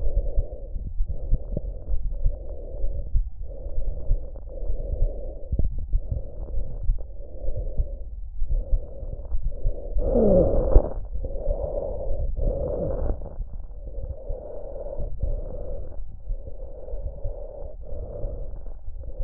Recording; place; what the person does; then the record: lung sounds by stethoscope; trachea; quiet breathing, then deep breathing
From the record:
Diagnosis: interstitial lung disease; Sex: female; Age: 60 years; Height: 154 cm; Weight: 68.1 kg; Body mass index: 28.7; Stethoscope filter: extended mode